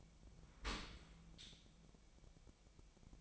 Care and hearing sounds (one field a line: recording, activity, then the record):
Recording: daily activity, microphone in the room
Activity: open dishwasher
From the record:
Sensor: 1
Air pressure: 1006.7 hPa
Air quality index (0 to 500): 208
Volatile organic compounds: 24 ppm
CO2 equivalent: 2803 ppm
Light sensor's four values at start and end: 12/32/12/14 and 12/32/13/14